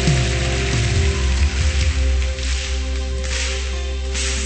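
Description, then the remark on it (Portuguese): A crowd claps steadily, applauding the Lord on the programme Caminhando com Jesus Cristo with Padre Moacir Anastácio: a dense, sustained patter of many hands, with a low hum sounding underneath. “Então, pode aplaudir melhor.”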